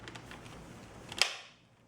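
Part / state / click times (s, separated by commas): vacuum wand into handle connection / seated / 1.2 s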